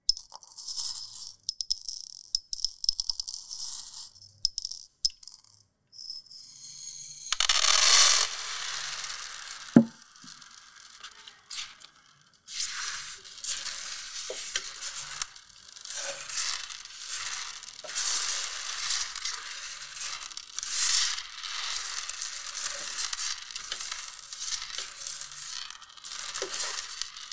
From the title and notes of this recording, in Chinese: 玩珠珠的唰唰聲｜Playing Beads。